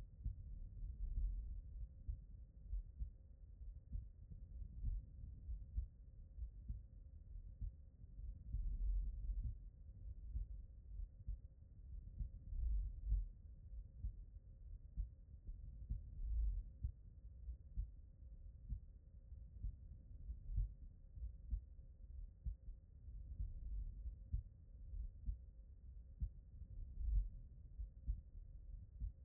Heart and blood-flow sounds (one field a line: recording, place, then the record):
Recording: heart sounds by stethoscope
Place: pulmonary valve (PV)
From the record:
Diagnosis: HFrEF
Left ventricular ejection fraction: 32%